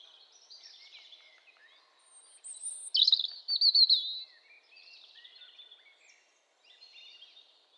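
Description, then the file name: European robin song: a loud, high, shimmering trilled phrase rises above softer, scattered twittering and background noise. "Erithacus rubecula"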